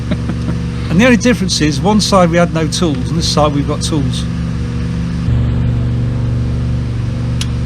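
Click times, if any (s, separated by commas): 7.4 s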